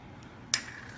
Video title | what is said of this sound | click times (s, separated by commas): 5 Best Electric Shaver For Bald Head 2022 - Best bald head shaver? | You match up those 2 little grooves, snaps right in, | 0.5 s